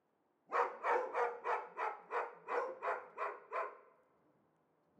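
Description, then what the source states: Dog barking steadily, ten evenly spaced barks about every third of a second, then a low continuous rush remains. Two or perhaps three dogs, apparently caged and unseen, excite one another at every outside noise; Arveyron river rushing continuously in distance; Chamonix-Mont-Blanc, Auvergne-Rhône-Alpes, France.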